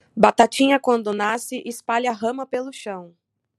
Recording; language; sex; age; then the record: short text; Brazilian Portuguese; female; 30 to 39 years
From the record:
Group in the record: control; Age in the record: 30 years